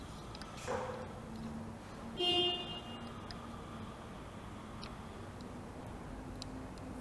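A battery wire plug is handled and turned so its metal part faces down, lined up before being pressed into the circuit board socket marked "battery." Against a steady low background hum, there is a soft swell near 0.7 s, a brief tonal horn-like toot around 2.2–2.5 s, and a few faint ticks at 0.4, 3.3, 4.8 and 6.4 s. Nothing has seated or clicked yet.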